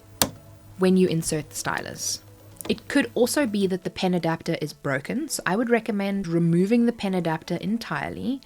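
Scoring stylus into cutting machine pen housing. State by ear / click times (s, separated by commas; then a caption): seated / 0.2 s. A scoring stylus is pushed back into the pen slot housing of a Cricut cutting machine. It seats with a sharp click at 0.2 s, and then someone talks for the rest of the clip.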